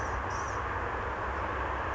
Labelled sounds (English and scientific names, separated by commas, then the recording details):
Blue-gray Gnatcatcher (Polioptila caerulea)
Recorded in Sonoma County, California